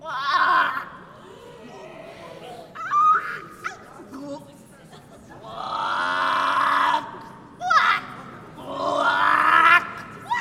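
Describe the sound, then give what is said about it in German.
A woman's voice croaks like a toad in several loud, strained, guttural bursts separated by short pauses, rising and falling in pitch with a rough, throaty quality; a singer whose voice failed, fallen to the floor on an opera house stage. “Sie ging zu Boden und begann auf einmal wie eine Kröte zu quaken.”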